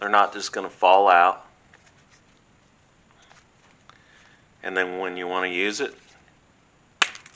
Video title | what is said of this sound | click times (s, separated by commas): Leather Coaster Set | pop the snap off | 7.0 s